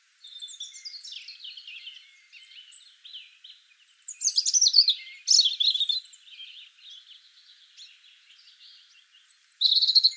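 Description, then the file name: European robin song: varied high, thin whistled phrases and trills tumbling between notes, with louder liquid bursts near four and five seconds and again at the end. "Erithacus rubecula"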